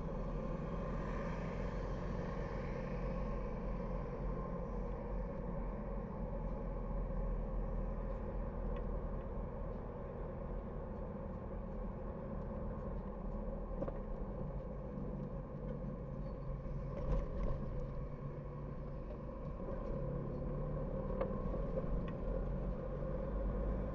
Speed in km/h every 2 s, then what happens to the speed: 44, 47, 47, 45, 42, 42, 41, 39, 34, 23, 24, 32.
4-17 slows to 23. 20-24 speeds up to 32.